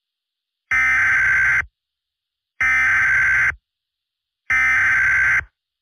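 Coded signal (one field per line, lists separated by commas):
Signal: Emergency Alert System (SAME) tones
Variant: header bursts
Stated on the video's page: Fictional EAS scenario for Independence Day, simulated, with very loud segments.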